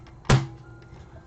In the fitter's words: just snaps into place like this